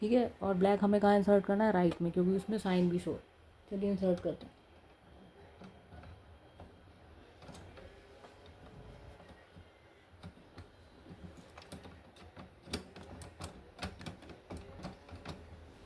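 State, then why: Not seated. A black ink cartridge is handled at the right-hand slot of an inkjet printer's cartridge carriage. Someone talks for the first few seconds, then quiet handling follows with small knocks around 11.7, 12.7, 13.4 and 14.1 seconds. The cartridge has not seated or clicked into place yet.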